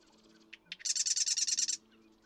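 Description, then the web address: Marsh Wren song: two short introductory notes, then a rapid, buzzy rattle of about a dozen repeated notes lasting around a second. "birdsongforthecurious Marsh Wren"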